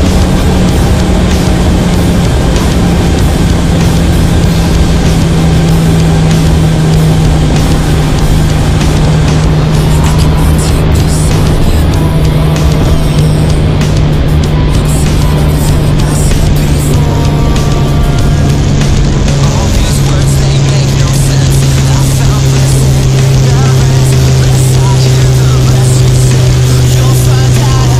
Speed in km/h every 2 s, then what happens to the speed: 188, 180, 172, 164, 160, 163, 160, 157, 152, 147, 142, 138, 134, 131.
0-7 brakes to 160. 11-28 slows to 131.